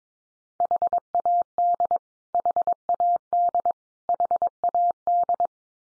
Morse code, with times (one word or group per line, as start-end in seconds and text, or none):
0.6-2.0 HAD
2.3-3.7 HAD
4.1-5.5 HAD